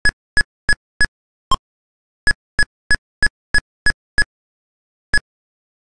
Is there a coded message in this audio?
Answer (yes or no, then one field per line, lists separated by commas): no